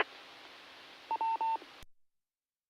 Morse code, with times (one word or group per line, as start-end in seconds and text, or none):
none